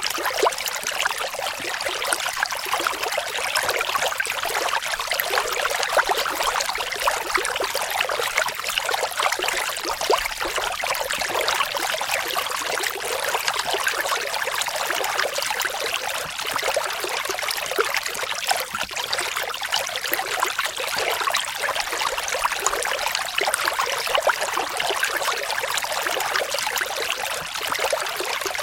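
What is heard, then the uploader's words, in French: A garden fountain splashes steadily and without pause, its water a dense, bright patter of countless small drops. The sound stays level throughout, close and hissy with almost no low rumble beneath it. Fontaine de jardin.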